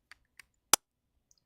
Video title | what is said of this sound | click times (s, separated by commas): Breaking News! Chanel Parts with Virginie Viard! Louis Vuitton Accused of Cultural Appropriation! | oh The Click did you hear | 0.7 s